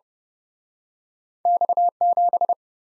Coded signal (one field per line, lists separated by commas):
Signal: Morse code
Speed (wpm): 38 wpm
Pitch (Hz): 700 Hz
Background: none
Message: X 7